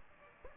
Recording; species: mosquito wingbeat signal from an infrared sensor; Aedes aegypti